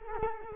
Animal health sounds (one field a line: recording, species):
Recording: mosquito wingbeat signal from an infrared sensor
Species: Culex quinquefasciatus